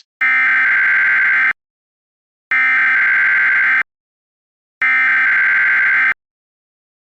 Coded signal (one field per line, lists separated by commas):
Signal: Emergency Alert System (SAME) tones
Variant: header bursts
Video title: EAS Mock #14 - Red Flag Warning